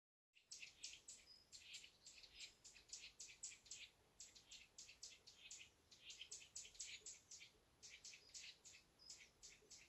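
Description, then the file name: Eurasian nuthatch calling in a long rapid run of short, sharp high notes, a few per second, nearly continuous. "Sitta europaea"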